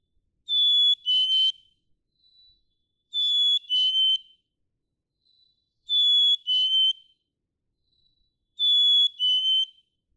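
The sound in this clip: Black-capped chickadee song, four even repeats of a pure high whistle followed by a lower, slightly broken second note, roughly every two and a half seconds.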